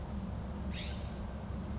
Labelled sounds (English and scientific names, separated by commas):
California Scrub-Jay (Aphelocoma californica)